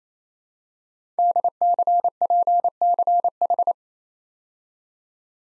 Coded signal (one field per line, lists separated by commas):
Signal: Morse code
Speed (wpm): 27 wpm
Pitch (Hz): 700 Hz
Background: none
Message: DCPCH